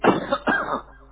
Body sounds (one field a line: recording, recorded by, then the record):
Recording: voluntary cough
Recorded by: telephone call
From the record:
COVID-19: positive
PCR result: self-reported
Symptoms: yes